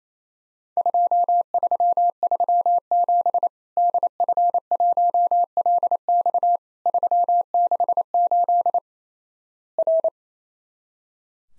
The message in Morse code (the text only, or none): 2337 DF1LX 368 R